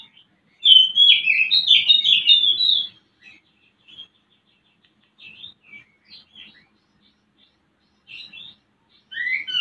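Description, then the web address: Oriental magpie-robin song: a loud burst of varied whistled and chattering phrases for two seconds, then soft scattered notes and a final whistled phrase; faint low hum beneath. Used to stimulate a bird into singing; Indonesian 'pancingan birahi' (mating-arousal lure) and 'masteran' (tutor song) style. "kacer pancingan birahi. masteran kacer"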